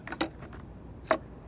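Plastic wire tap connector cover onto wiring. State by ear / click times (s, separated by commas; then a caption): seated / 0.2 s, 1.1 s. The metal blade of a plastic wire tap connector is pressed down into the wiring with pliers, then the plastic cover is folded over and snapped shut. A few faint ticks open the clip, followed by sharp clicks at 0.2 s and 1.1 s. The connector cover is seated and snapped closed.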